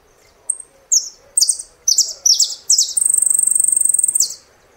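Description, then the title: Saffron finch song: a string of loud, high chirped notes, each about half a second apart, ending in a fast, even buzzy trill lasting over a second. "Jilguero Argentino"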